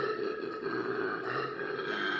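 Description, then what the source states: Koala bellow: a steady, rasping drone with a burp-like quality that runs unbroken for about two seconds. Recording played back.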